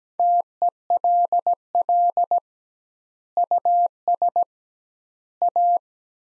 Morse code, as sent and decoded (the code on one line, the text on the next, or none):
- . .-.. .-.. / ..- ... / .-
TELL US A